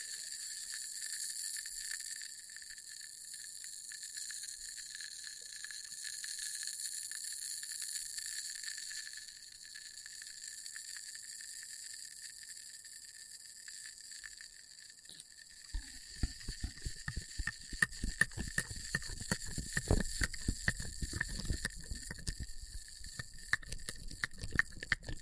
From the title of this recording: Experimental Triggers in Test Tubes